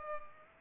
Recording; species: mosquito wingbeat signal from an infrared sensor; Culex pipiens